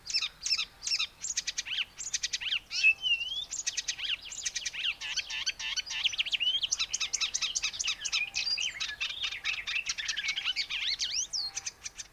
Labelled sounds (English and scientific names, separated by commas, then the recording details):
Icterine Warbler (Hippolais icterina) song
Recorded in the wild
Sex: male
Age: adult
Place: Möhrendorf, Bayern, DE
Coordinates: 49.6361, 10.9861
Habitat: pond
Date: 1962-05-13
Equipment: Original, Vollspur
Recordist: Tretzel, Erwin